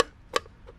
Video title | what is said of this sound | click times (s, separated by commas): Getting New 315 Tires And 17s RIms Nissan Xterra | hopefully. There you go. That was a nice click in there, and that's it, | 0.4 s